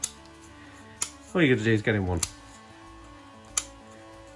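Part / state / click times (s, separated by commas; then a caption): plastic piece into toy lightsaber hilt / seated / 3.6 s. A plastic piece on a toy lightsaber hilt is pushed until it snaps into place, with a sharp click at 3.6 s confirming it is seated. Earlier short clicks come at 0.0 s and 1.0 s, and someone talks briefly in between. A steady low tonal hum runs underneath throughout.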